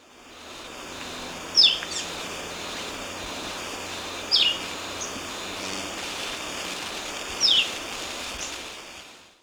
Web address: Natures Songs S America Birds of Ecuador Red-Eyed Vireo